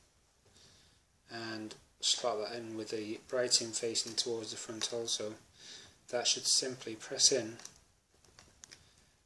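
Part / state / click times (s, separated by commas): microSD card into tablet card slot / seated / 8.6 s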